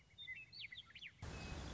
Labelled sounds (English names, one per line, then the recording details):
Western Meadowlark
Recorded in Sonoma County, California